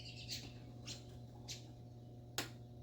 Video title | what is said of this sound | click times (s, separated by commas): Rotofab cold air intake review and install on my 2021 Camaro LT1 | This little red clip right here, once we push in and we hear the click, we're going to push down. | 2.4 s